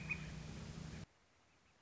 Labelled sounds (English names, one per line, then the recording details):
Northern Flicker
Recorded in Sonoma County, California